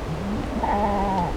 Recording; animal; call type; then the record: contact call of a hoofed animal; goat; low-frequency (closed-mouth) or high-frequency (open-mouth) call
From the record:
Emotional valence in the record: negative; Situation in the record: short social isolation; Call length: 1.36 s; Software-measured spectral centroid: 1500 Hz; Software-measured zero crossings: 1270 a second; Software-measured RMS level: -24 dBFS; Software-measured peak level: -10 dBFS